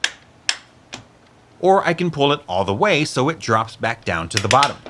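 The armrest of a SIHOO Doro-C300 ergonomic office chair is pulled upward through three height detents, its plastic height-adjust ratchet giving three sharp clicks at 0.0, 0.5 and 0.9 seconds as each step locks in place. Someone then talks over the rest of the clip.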